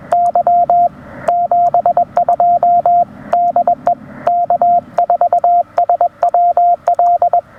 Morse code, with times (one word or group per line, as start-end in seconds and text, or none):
0.1-0.9 Y
1.3-3.0 72
3.3-3.9 DE
4.3-7.4 K4SWL